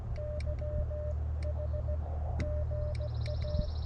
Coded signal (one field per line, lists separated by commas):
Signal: Morse code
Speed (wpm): 17 wpm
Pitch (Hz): 590 Hz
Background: none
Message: YH GA